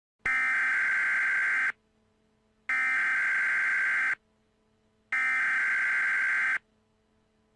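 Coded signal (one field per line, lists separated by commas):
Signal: Emergency Alert System (SAME) tones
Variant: header bursts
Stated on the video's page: Fictional EAS scenario.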